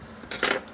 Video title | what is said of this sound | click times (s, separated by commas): 1965 panhead #118 4-speed transmission rebuild FL FLH 1966 shovelhead harley by tatro machine | Okay, it popped in. | 0.3 s